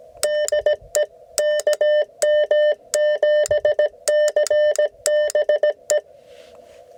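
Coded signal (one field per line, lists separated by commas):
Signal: Morse code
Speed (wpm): 20 wpm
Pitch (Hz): 600 Hz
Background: none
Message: DE KM7CBE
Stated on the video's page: CW POTA activation on 40 meters from Coronado National Forest, using an IC-705 and an 80-meter end-fed half-wave, by a newer CW operator.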